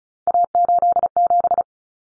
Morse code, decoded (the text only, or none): A87